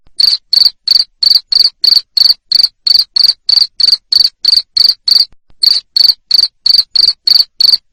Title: Suara JANGKRIK NGERIK Keras Bikin LOVEBIRD Jadi NGEKEK Terus Vubey